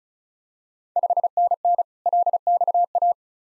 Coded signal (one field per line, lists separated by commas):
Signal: Morse code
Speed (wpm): 36 wpm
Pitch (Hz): 700 Hz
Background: none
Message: 5NN LXA